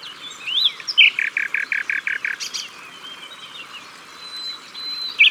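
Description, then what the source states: Common nightingale song: a few whistled notes, then a series of chunky, evenly spaced notes, followed by softer drawn-out warbling. Recorded at the water's edge.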